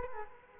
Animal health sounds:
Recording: mosquito wingbeat signal from an infrared sensor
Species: Culex quinquefasciatus

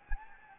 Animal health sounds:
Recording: mosquito wingbeat signal from an infrared sensor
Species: Anopheles gambiae

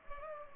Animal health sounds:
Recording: mosquito wingbeat signal from an infrared sensor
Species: Culex pipiens

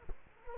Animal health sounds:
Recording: mosquito wingbeat signal from an infrared sensor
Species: Culex quinquefasciatus

